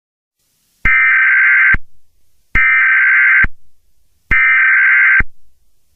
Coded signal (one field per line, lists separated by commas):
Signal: Emergency Alert System (SAME) tones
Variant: header bursts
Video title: EAS Scenario #11: Five Nights At Freddy's 4